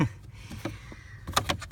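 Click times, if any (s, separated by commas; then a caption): 1.4 s, 1.5 s. After the cabin air filter is reinserted in a 2012 Honda CR-V, the plastic filter access cover is pushed back into the housing behind the glovebox, with faint shuffling and a soft knock beforehand. Two sharp plastic snaps ring out at 1.4 s and 1.5 s as the cover seats back in place.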